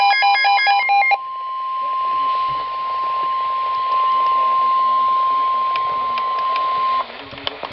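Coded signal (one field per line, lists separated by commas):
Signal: Emergency Alert System (SAME) tones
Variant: 1050 Hz attention tone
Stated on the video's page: NOAA Weather Radio severe thunderstorm warning.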